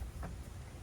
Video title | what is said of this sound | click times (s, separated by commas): Collapsible Wagon that includes table top! Whitsunday is great for picnics, camping, beach & more! | boom it snaps down like that really handy | 0.2 s